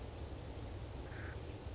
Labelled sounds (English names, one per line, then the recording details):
Acorn Woodpecker
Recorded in Sonoma County, California